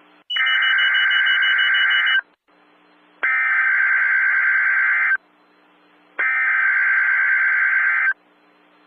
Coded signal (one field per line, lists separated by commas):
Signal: Emergency Alert System (SAME) tones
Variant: header bursts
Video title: RARE PDS Tornado Watch (EAS #448)